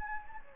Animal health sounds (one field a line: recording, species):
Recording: mosquito wingbeat signal from an infrared sensor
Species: Anopheles gambiae